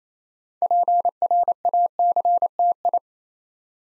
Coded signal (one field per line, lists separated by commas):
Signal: Morse code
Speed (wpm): 29 wpm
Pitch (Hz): 700 Hz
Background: none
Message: PRACTI